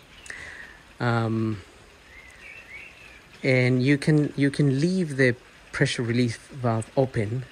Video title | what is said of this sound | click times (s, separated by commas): How to manually open and close the soft top on a Mercedes W208 CLK convertible | and then lock it with your tool | 0.3 s